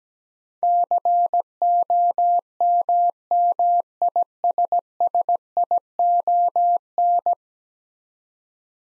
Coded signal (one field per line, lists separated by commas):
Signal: Morse code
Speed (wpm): 17 wpm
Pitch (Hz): 700 Hz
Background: none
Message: COMMISSION